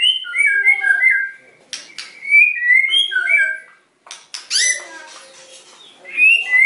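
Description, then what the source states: White-rumped shama song: bubbling whistled phrases with slurred notes, broken by a harsh noisy burst, then more whistles. Lure recording (pancingan) of a strongly singing (gacor) bird, meant to provoke a quick response from other birds.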